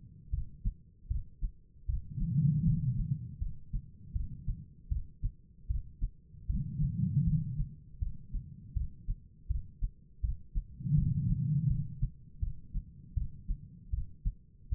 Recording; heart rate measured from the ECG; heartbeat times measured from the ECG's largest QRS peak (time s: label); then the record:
heart sounds by stethoscope; 79 bpm
0.31 s: heartbeat
1.08 s: heartbeat
1.87 s: heartbeat
2.64 s: heartbeat
3.39 s: heartbeat
4.13 s: heartbeat
4.89 s: heartbeat
5.68 s: heartbeat
6.47 s: heartbeat
7.24 s: heartbeat
7.99 s: heartbeat
8.74 s: heartbeat
9.48 s: heartbeat
10.21 s: heartbeat
10.95 s: heartbeat
11.68 s: heartbeat
12.40 s: heartbeat
13.14 s: heartbeat
13.91 s: heartbeat
14.70 s: heartbeat
From the record:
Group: healthy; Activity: rest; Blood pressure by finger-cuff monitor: 146/98 mmHg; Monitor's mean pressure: 118 mmHg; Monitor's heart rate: 79 bpm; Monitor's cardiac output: 4.8 L/min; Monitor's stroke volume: 60 mL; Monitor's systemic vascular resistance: 1860 dyn s/cm5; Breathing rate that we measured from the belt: 14 breaths a minute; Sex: female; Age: 51 years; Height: 162 cm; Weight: 70.04 kg